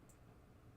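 A freshly crimped terminal pin is pushed into the plastic connector housing of a Gottlieb Hollywood Heat pinball machine during repinning. Only a faint, brief high tick near 0.1 s stands out over a steady low rumble. The pin has not clicked or locked into the housing.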